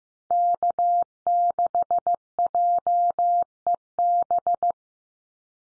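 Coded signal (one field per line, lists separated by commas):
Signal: Morse code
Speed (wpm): 15 wpm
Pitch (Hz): 700 Hz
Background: none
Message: K6JEB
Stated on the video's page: Call signs sent at 15 wpm for head-copy practice, each sent in Morse, then spoken, then sent again.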